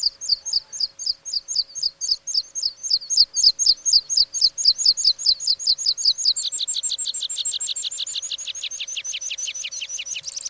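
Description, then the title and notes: Meadow Pipit song: a long, fast run of thin, high piping notes, shifting after about six seconds to a faster, buzzier trill. "Viikon luontoääni: Niittykirvinen. Risto Salovaara"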